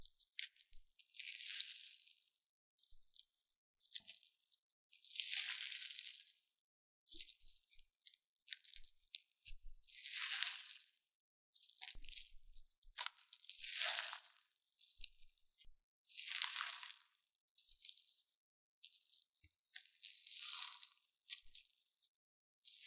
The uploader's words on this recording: 療癒滿滿的史萊姆聲音. Satisfying Crunchy Slime Sounds | No Talking.